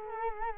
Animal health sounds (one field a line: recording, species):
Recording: mosquito wingbeat signal from an infrared sensor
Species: Culex quinquefasciatus